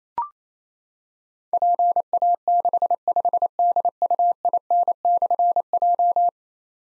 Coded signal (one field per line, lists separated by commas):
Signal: Morse code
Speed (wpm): 28 wpm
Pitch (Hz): 700 Hz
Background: none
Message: PA65DUIN/J